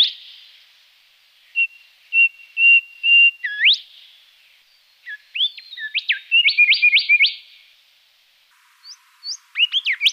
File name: golden Whistler